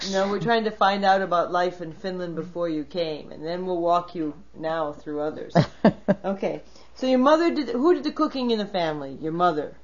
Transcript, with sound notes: No, we're trying to find out about life in Finland before you came. And then we'll walk you now through others. (laughs) Okay your mother, who did the cooking in the family, your mother?